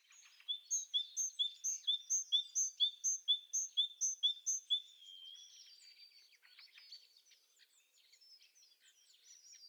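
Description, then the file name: Great tit calling with a steady string of bright metallic notes roughly twice a second, fading into faint, jumbled, twittering sounds. "Parus major"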